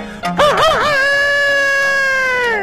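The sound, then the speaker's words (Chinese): A rooster, one of two chickens kept by a household, crows once, loud and alone: a few quick warbling notes rising into a long, sustained call that holds steady for about two seconds before trailing off. “哎，有的个别家哎，还养活了两只鸡，这两只鸡也不搅闷，天天打鸣。”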